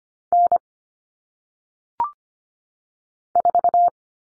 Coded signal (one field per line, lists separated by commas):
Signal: Morse code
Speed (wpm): 25 wpm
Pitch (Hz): 700 Hz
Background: none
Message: N 4